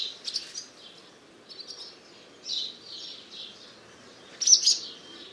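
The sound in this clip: Barn swallow calls, soft high twittering chirps in scattered short bursts, with a louder burst of sharp notes near the end over faint background noise.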